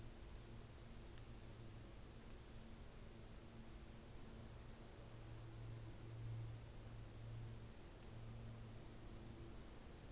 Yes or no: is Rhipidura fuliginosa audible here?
no